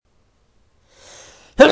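A soft breathy intake followed by a sudden loud explosive burst: a single sneeze from an adult, cut off at the end.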